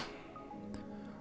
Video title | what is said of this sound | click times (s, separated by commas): Moman H2 comms system Review | like so and click | 0.7 s